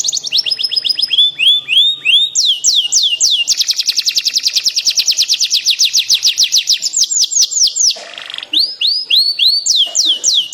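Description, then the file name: Atlantic canary singing a continuous medley of fast buzzy trills and slower swooping whistled notes, with tempo shifting every second or two. Standard-type canary (kenari standar). "suara-kicauan-kenari-standar 4-omkicau"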